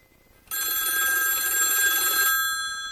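A single telephone ring tone sounds on an outgoing call to Opoczno, Poland, a steady bright buzzing ring lasting about two seconds before it fades, with no one speaking.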